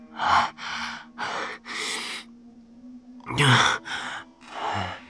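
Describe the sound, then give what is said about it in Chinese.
Heavy, ragged panting with sharp gasping inhales from a man with a shoulder wound who has fallen onto his back, about seven loud breathy bursts in two clusters separated by a short pause, sounding strained and exhausted. “他大口喘气，眼前眩晕，却又拼命咬住牙根吸气呼气。”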